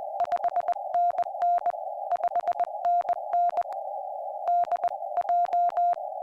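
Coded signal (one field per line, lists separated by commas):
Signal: Morse code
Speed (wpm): 21 wpm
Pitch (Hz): 690 Hz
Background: none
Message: 5NN 5NN DJ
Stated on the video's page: Live CW on a Summits on the Air activation on Kagel Mountain with a homebuilt high-band QMX QRP rig, audio taken straight from the radio.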